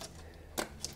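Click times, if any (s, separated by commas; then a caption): none. A wiring plug with its plastic locking tabs broken off is pushed onto the throttle body connector of an MK1 Caddy's 20V turbo conversion engine. Light plastic taps are heard at about 0.6, 0.8 and 1.0 seconds, with no latch. Nothing has clicked or locked in yet, because the missing tabs leave it unable to click in.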